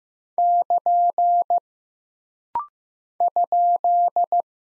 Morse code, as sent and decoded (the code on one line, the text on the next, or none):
-.--. / ..--..
<KN> ?